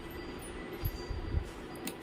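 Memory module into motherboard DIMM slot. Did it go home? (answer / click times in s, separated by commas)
no / none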